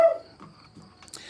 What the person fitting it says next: side discharge just pops in and locks in place here